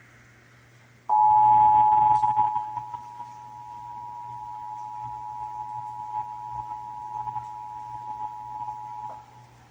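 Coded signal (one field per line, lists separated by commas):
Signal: Emergency Alert System (SAME) tones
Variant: 853 and 960 Hz attention tone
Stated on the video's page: Texas Required Monthly Test as aired on AM, FM and TV broadcast stations.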